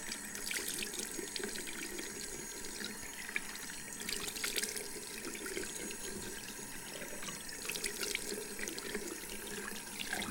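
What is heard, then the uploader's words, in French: Water runs from a tap in a steady, dense stream, with a bright hiss across the upper range and a low rushing underneath. Splashy spatters and brief sharper surges rise out of the flow now and then, notably around four and eight seconds. L’eau qui coule du robinet.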